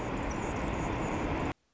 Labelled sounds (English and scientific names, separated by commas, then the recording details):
Anna's Hummingbird (Calypte anna)
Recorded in Sonoma County, California